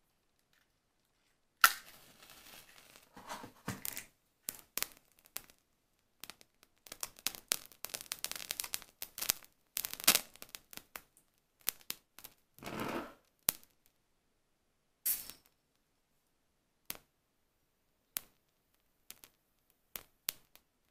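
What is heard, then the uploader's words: A match is struck and flares around two seconds, followed by a dense stretch of crackling and small snaps through about eleven seconds. A longer rushing burst comes near thirteen seconds, then sparse isolated taps and clicks spaced out until the end. Match Lighting Extinguishing. Fire Crackling. Tapping.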